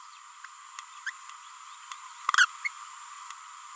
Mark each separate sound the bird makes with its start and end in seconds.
1.07-1.10, 2.29-2.30, 2.37-2.45, 2.65-2.68